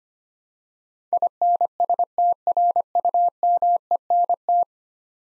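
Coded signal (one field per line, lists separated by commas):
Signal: Morse code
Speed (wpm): 25 wpm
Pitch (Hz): 700 Hz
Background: none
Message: INSTRUMENT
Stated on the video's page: Computer-generated Morse head-copy drill of ten-letter words at 25 wpm; each word sent, spoken, then sent again.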